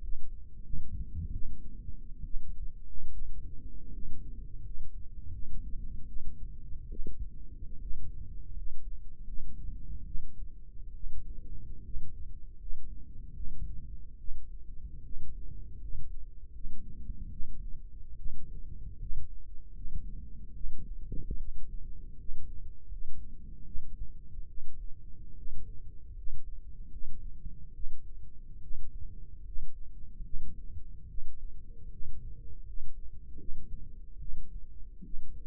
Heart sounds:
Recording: heart sounds by microphone in the right ear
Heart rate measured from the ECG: 75 bpm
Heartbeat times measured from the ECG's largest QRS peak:
0.00 s: heartbeat
0.62 s: heartbeat
1.32 s: heartbeat
2.24 s: heartbeat
3.11 s: heartbeat
3.91 s: heartbeat
4.62 s: heartbeat
5.31 s: heartbeat
6.06 s: heartbeat
6.89 s: heartbeat
7.79 s: heartbeat
8.54 s: heartbeat
9.25 s: heartbeat
10.04 s: heartbeat
10.93 s: heartbeat
11.82 s: heartbeat
12.57 s: heartbeat
13.33 s: heartbeat
14.17 s: heartbeat
15.02 s: heartbeat
15.79 s: heartbeat
16.51 s: heartbeat
17.29 s: heartbeat
18.15 s: heartbeat
18.97 s: heartbeat
19.72 s: heartbeat
20.53 s: heartbeat
21.37 s: heartbeat
22.16 s: heartbeat
22.88 s: heartbeat
23.63 s: heartbeat
24.46 s: heartbeat
25.34 s: heartbeat
26.14 s: heartbeat
26.89 s: heartbeat
27.72 s: heartbeat
28.60 s: heartbeat
29.43 s: heartbeat
30.21 s: heartbeat
31.06 s: heartbeat
31.89 s: heartbeat
32.64 s: heartbeat
33.36 s: heartbeat
34.18 s: heartbeat
35.02 s: heartbeat
From the record:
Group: healthy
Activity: rest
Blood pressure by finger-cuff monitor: 82/54 mmHg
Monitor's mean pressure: 65 mmHg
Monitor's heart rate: 74 bpm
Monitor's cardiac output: 6 L/min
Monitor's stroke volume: 79 mL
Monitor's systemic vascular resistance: 760 dyn s/cm5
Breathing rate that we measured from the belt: 17 breaths a minute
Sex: female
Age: 22 years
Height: 163 cm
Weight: 67.1 kg

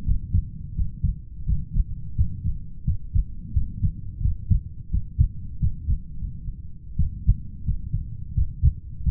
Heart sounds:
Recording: heart sounds by stethoscope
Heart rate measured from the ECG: 87 bpm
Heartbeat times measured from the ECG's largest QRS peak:
0.03 s: heartbeat
0.73 s: heartbeat
1.44 s: heartbeat
2.14 s: heartbeat
2.83 s: heartbeat
3.52 s: heartbeat
4.20 s: heartbeat
4.89 s: heartbeat
5.58 s: heartbeat
6.21 s: heartbeat
6.95 s: heartbeat
7.63 s: heartbeat
8.33 s: heartbeat
9.02 s: heartbeat
From the record:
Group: heart failure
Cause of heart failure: idiopathic cardiomyopathy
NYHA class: 2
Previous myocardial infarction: absent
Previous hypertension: absent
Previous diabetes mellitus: absent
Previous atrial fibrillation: present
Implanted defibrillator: present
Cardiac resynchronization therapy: present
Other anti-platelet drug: absent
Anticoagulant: warfarin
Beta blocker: metoprolol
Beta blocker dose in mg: 50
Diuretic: furosemide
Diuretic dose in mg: 40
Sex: male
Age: 62 years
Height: 184 cm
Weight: 101 kg

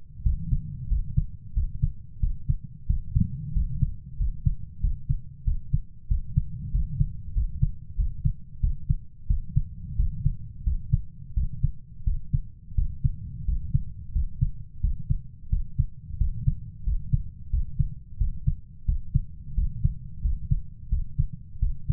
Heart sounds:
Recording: heart sounds by stethoscope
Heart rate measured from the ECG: 90 bpm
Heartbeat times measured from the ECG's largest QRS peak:
0.25 s: heartbeat
0.91 s: heartbeat
1.56 s: heartbeat
2.22 s: heartbeat
2.89 s: heartbeat
3.56 s: heartbeat
4.20 s: heartbeat
4.83 s: heartbeat
5.47 s: heartbeat
6.10 s: heartbeat
6.74 s: heartbeat
7.36 s: heartbeat
7.98 s: heartbeat
8.63 s: heartbeat
9.30 s: heartbeat
9.99 s: heartbeat
10.66 s: heartbeat
11.36 s: heartbeat
12.07 s: heartbeat
12.78 s: heartbeat
13.48 s: heartbeat
14.15 s: heartbeat
14.83 s: heartbeat
15.52 s: heartbeat
16.20 s: heartbeat
16.86 s: heartbeat
17.53 s: heartbeat
18.20 s: heartbeat
18.88 s: heartbeat
19.57 s: heartbeat
20.24 s: heartbeat
20.92 s: heartbeat
21.62 s: heartbeat
From the record:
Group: healthy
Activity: rest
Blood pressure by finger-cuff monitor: 144/74 mmHg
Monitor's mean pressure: 93 mmHg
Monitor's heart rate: 90 bpm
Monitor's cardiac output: 8 L/min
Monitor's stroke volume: 90 mL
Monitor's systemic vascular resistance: 850 dyn s/cm5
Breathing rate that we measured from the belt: 19 breaths a minute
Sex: male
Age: 21 years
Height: 175 cm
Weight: 72.6 kg

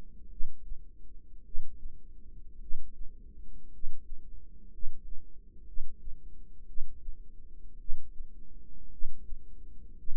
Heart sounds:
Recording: heart sounds by microphone in the right ear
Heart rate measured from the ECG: 56 bpm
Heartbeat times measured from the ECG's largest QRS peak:
0.28 s: heartbeat
1.42 s: heartbeat
2.58 s: heartbeat
3.70 s: heartbeat
4.69 s: heartbeat
5.64 s: heartbeat
6.65 s: heartbeat
7.77 s: heartbeat
8.89 s: heartbeat
9.94 s: heartbeat
From the record:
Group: healthy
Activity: rest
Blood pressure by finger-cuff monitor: 152/67 mmHg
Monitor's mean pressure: 95 mmHg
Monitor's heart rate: 53 bpm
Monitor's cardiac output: 6.2 L/min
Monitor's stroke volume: 111 mL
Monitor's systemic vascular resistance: 1110 dyn s/cm5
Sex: male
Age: 25 years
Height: 170 cm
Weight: 70.4 kg

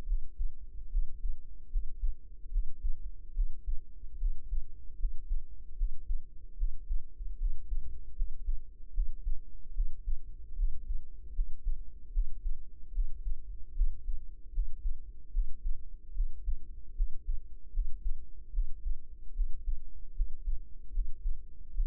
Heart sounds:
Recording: heart sounds by microphone in the right ear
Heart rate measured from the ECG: 75 bpm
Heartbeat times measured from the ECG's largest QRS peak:
0.04 s: heartbeat
0.88 s: heartbeat
1.68 s: heartbeat
2.49 s: heartbeat
3.32 s: heartbeat
4.16 s: heartbeat
4.96 s: heartbeat
5.74 s: heartbeat
6.55 s: heartbeat
7.36 s: heartbeat
8.13 s: heartbeat
8.91 s: heartbeat
9.72 s: heartbeat
10.54 s: heartbeat
11.32 s: heartbeat
12.10 s: heartbeat
12.91 s: heartbeat
13.73 s: heartbeat
14.51 s: heartbeat
15.30 s: heartbeat
16.12 s: heartbeat
16.93 s: heartbeat
17.70 s: heartbeat
18.50 s: heartbeat
19.32 s: heartbeat
20.13 s: heartbeat
20.90 s: heartbeat
21.72 s: heartbeat
From the record:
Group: healthy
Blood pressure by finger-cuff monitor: 99/63 mmHg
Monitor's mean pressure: 80 mmHg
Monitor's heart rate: 76 bpm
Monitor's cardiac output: 7 L/min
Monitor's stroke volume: 93 mL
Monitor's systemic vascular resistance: 830 dyn s/cm5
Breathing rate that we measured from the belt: 19 breaths a minute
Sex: female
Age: 22 years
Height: 160 cm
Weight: 45 kg

